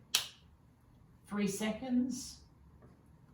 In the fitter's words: hear the click